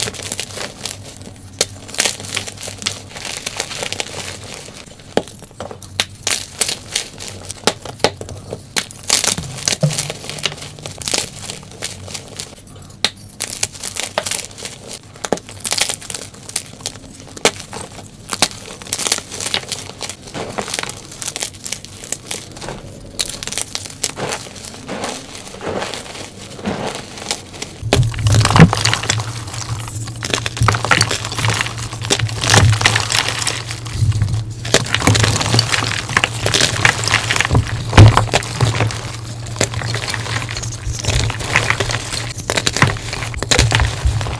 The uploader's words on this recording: Audio only compilation of amazing crushes.